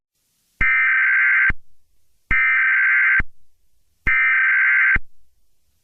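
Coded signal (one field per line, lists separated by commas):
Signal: Emergency Alert System (SAME) tones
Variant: header bursts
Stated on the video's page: Fictional EAS scenario, a simulated alert.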